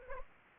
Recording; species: mosquito wingbeat signal from an infrared sensor; Anopheles arabiensis